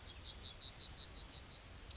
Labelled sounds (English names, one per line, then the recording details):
Yellowhammer song
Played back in grassland
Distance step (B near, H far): D
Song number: 134